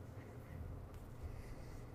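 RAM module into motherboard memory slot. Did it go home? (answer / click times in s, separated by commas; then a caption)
no / none. A RAM module is being handled over a motherboard memory slot, about to be pressed down so the slot's side clips snap closed. Only a steady low rumble is heard, with no distinct click. Nothing has seated or clicked yet.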